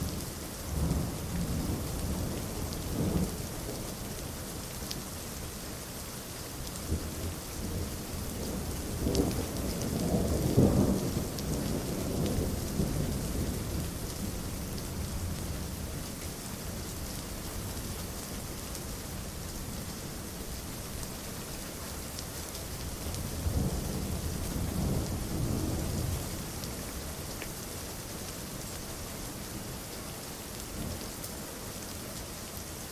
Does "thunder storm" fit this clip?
yes